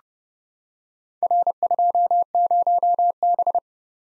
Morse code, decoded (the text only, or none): R20B